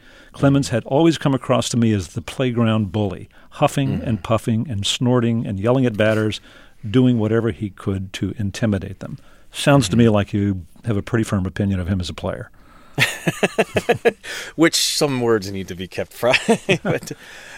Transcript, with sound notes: Clemens had always come across to me as the playground bully, huffing and puffing and snorting, and yelling at batters, doing whatever he could to intimidate them.
Sounds to me like you have a pretty firm opinion of him as a player.
(LAUGHTER)
Which some words need to be kept private.